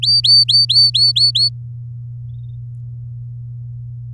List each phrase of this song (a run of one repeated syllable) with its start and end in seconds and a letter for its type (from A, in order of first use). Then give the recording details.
0.02-1.49 A. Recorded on 10 May 2018 at 12:00. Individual llb16